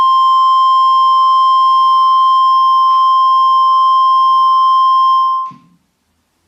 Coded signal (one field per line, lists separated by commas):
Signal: Emergency Alert System (SAME) tones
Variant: 1050 Hz attention tone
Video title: Eas don't be Justin bebier